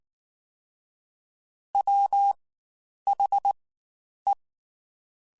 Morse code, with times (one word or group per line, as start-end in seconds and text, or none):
1.8-2.3 W
3.1-3.5 H
4.3-4.3 E